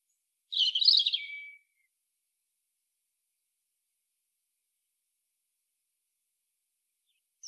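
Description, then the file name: European robin song: one brief burst of high, jumbled twittering ending in a thin trailing note, then long silence and the start of another phrase at the very end. "Erithacus rubecula"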